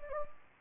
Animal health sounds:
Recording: mosquito wingbeat signal from an infrared sensor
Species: Anopheles gambiae

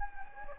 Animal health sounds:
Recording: mosquito wingbeat signal from an infrared sensor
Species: Anopheles gambiae

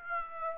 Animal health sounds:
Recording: mosquito wingbeat signal from an infrared sensor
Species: Aedes aegypti

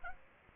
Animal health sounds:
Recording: mosquito wingbeat signal from an infrared sensor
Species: Aedes aegypti

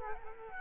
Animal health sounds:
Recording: mosquito wingbeat signal from an infrared sensor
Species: Culex quinquefasciatus

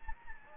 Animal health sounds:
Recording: mosquito wingbeat signal from an infrared sensor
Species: Anopheles gambiae

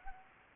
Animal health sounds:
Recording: mosquito wingbeat signal from an infrared sensor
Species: Anopheles gambiae

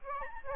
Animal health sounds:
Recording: mosquito wingbeat signal from an infrared sensor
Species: Aedes albopictus

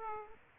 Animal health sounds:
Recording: mosquito wingbeat signal from an infrared sensor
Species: Aedes aegypti

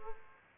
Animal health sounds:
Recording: mosquito wingbeat signal from an infrared sensor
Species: Aedes aegypti

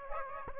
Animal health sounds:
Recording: mosquito wingbeat signal from an infrared sensor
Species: Aedes aegypti

